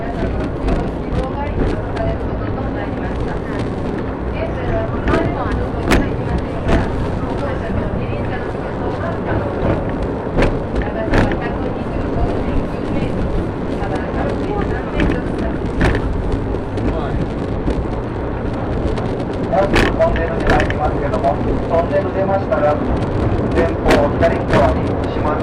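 A ride aboard the Shimanto Torokko No. 2 on the Yodo Line, from Ekawasaki toward Tosa-Taisho. A dense, steady low rumble of the moving train runs throughout, pierced by frequent sharp clacks and ticks, while voices talk over the running noise.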